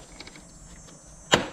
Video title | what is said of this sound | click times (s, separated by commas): Engine Air Filter on a Honda Accord 2013-2017 - Step-by-Step Guide | and you'll go till you hear the Click Boom | 1.3 s